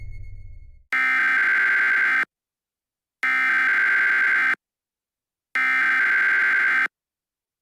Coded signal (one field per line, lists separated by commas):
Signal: Emergency Alert System (SAME) tones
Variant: header bursts